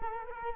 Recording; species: mosquito wingbeat signal from an infrared sensor; Culex quinquefasciatus